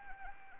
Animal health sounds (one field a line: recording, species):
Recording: mosquito wingbeat signal from an infrared sensor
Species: Anopheles arabiensis